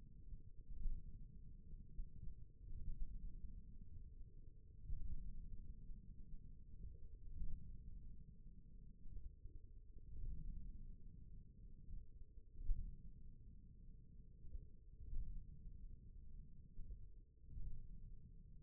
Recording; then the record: forearm muscle sounds (acoustic myography)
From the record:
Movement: index flexion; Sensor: system 1, eight BSWA MPA416 microphones around the upper forearm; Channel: 1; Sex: male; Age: 41 years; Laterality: right